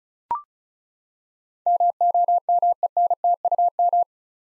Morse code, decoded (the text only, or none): MOMENTUM